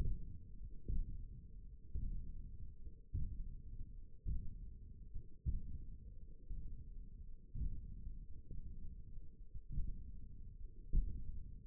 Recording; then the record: forearm muscle sounds (acoustic myography)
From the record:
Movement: index flexion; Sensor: system 1, eight BSWA MPA416 microphones around the upper forearm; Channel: 2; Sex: male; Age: 20 years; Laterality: left